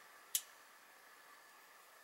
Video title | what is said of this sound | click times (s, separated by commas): Tiffen Steadicam Curve Update Curve FIXED | uh you want to do a test listen for the click | 0.4 s